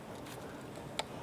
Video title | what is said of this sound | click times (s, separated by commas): How to Replace Throttle Body 2005-2007 Ford Five Hundred | you'll feel it snap into place and then don't forget to press the red lock on | 1.0 s